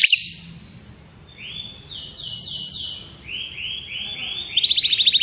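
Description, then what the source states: Atlantic canary song, soft rising and falling slurred notes in a loose series, ending in a quick high trill, over faint background hiss. Used to lure birds.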